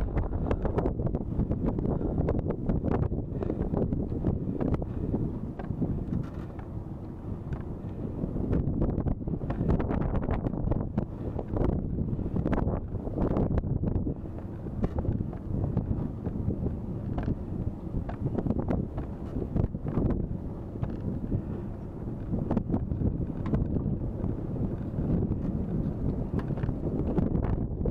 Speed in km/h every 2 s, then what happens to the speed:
17, 17, 18, 18, 18, 18, 18, 19, 19, 20, 21, 23, 25, 27.
0-17 steady at about 18. 17-28 speeds up to 27.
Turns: none.